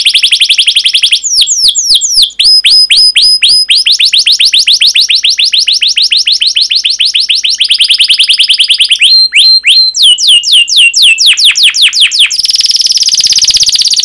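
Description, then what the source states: Canary song: long fast trills of sweeping notes, shifting between rolling phrases, a sharp ticking run, and a buzzy ending. Long lure song recording used for training canaries.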